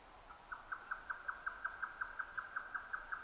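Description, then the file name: Grey nightjar song: a steady series of hollow knocking notes, evenly spaced, about three per second, continuing throughout. Recorded 12 June 2009 at 22:41. "yotaka 20090612 2241"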